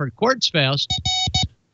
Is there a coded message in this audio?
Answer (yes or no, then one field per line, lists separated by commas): no